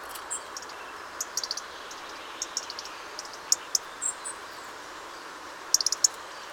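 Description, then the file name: European robin with brief, very high ticking and thin notes scattered throughout, a tight burst of clicks near the end, over steady background hiss. "Erithacus rubecula"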